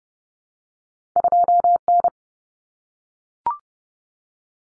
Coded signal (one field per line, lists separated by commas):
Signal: Morse code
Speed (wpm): 30 wpm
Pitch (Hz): 700 Hz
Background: none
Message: 2N